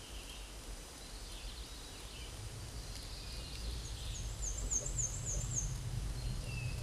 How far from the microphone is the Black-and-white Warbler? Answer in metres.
about 35 m